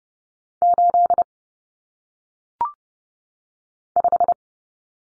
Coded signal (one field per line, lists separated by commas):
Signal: Morse code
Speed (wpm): 30 wpm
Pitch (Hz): 700 Hz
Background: none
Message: 8 5